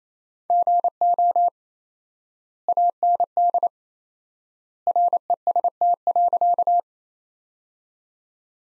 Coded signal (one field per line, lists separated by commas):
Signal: Morse code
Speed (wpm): 28 wpm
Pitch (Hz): 700 Hz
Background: none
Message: GO AND REST.